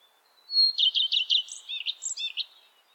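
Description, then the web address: Bird song: a quick run of bright, high chirping notes lasting about two seconds, with a few thin whistled accents near the end, over near silence. "bird voice"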